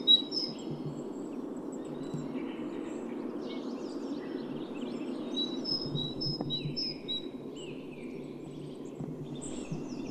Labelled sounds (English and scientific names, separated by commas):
Great Tit (Parus major) song